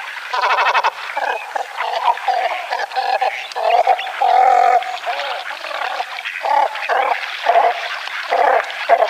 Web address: Great Cormorant